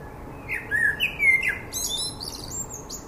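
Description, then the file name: Common blackbird song phrase: several soft, slurred flute-like notes, then a sharp burst of very high squeaky chattering. "Turdus merula"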